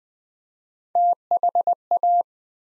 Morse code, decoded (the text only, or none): THA